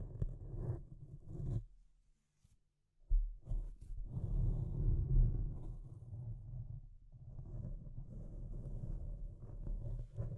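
Deep scratching sounds, low and rough, come in uneven bursts with a few sharp clicks. The scraping stops for about a second and a half near the two-second mark, then resumes with a strong surge around four to five seconds and continues steadily to the end.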